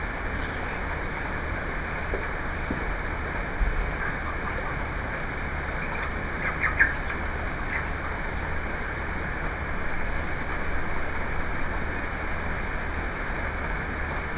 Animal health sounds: poultry house recording; healthy chickens

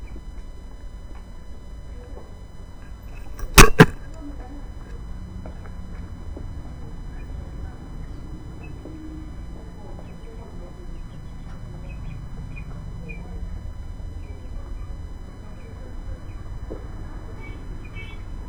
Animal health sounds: poultry house recording; background noise or bird activity such as feeding and pecking

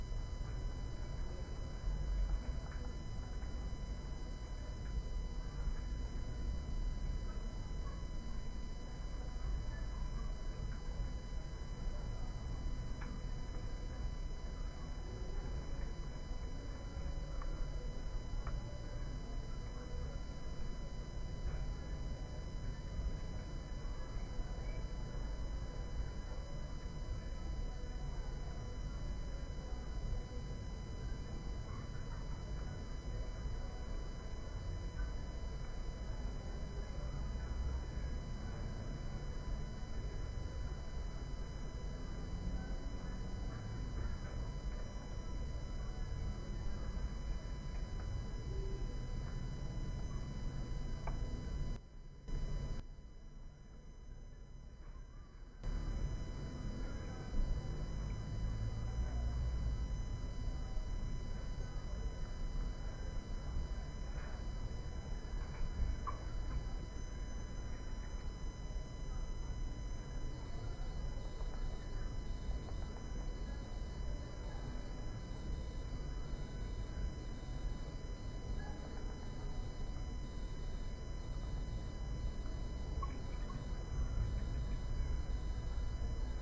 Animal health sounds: poultry house recording; background noise or bird activity such as feeding and pecking

